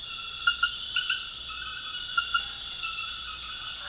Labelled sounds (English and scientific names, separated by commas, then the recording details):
none
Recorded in dense forest near Puerto Asís, Putumayo, Colombia, on 4 March 2025 at 22:00
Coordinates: 0.484, -76.325
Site G045